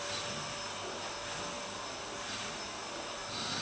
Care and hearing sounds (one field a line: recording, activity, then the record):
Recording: daily activity, microphone in the room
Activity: vacuum cleaning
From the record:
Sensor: 2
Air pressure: 1011.7 hPa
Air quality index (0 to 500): 220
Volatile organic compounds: 4 ppm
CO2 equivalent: 1549 ppm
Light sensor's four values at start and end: 8/19/8/8 and 8/19/8/8